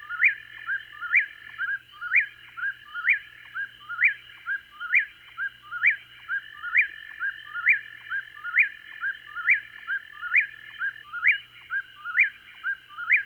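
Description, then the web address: Eastern whip-poor-will repeating its whistled three-note phrase, the last note rising sharply, about once per second without pause. Eastern North America. "Dan Gibson Wildlife Identification By Sound, Eastern North America Pt 1. Whip Poor Will"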